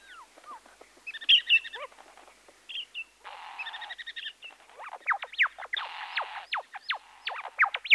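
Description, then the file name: Bird chatter: a mix of buzzy trills, brief whistles and sharp rapid chirps, growing busier and louder toward the end. "Busy Birds"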